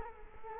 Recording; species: mosquito wingbeat signal from an infrared sensor; Culex quinquefasciatus